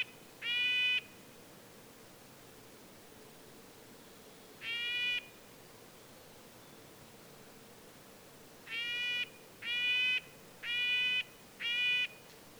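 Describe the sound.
Red-breasted nuthatch calls: two spaced nasal, horn-like notes, then a run of four given about one per second, over steady low hiss.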